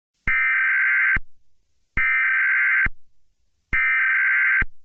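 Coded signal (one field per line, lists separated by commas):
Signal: Emergency Alert System (SAME) tones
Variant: header bursts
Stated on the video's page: Fictional EAS scenario inspired by Monster Hunter, using valid EAS tones.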